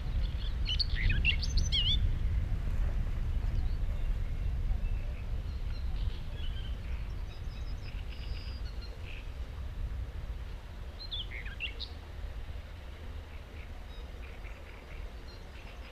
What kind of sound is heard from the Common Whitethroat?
song